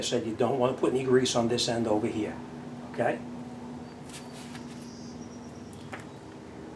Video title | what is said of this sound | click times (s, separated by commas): How To Replace Front Brakes & Rotors 1995-2010 Toyota Corolla | push it and you'll see that that Boop should pop back up but it didn't | none